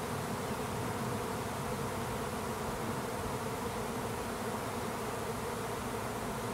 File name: sonido enjambre de Abejas